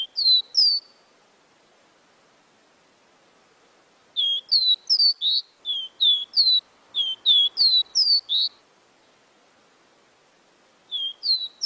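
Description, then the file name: Seedeater song: sweet whistled notes, each sliding down, delivered in quick bursts with pauses between, over a faint background hiss. Amazon region. "caboclinho da amazonia"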